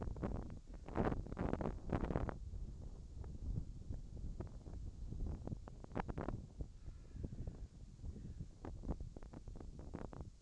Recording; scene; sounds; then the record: everyday scene through a hearing-aid microphone; wind on the microphone; wind, whistling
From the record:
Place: in front of a rural house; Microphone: in the ear canal, left